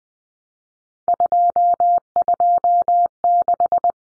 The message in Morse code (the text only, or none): 226